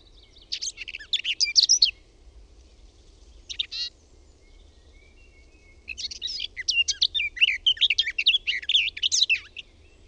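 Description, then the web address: Garden warbler song: a long, fast, rich warbling phrase, a short burst, then another sustained babbling run of mellow and scratchy notes, over faint low hum. "OMAT AANITYKSET LEHTOKERTTU"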